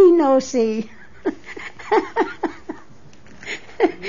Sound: she laughs

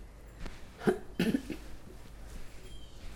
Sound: sniffs, clears throat

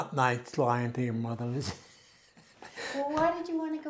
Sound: chuckles

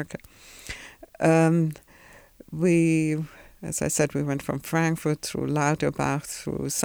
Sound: none

